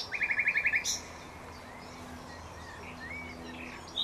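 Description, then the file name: Common nightingale song: a single rapid, even trill of repeated notes lasting under a second, followed by soft whistles and quiet background. "Luscinia megarhynchos"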